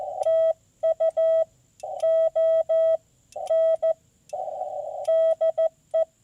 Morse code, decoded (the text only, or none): TU O N DE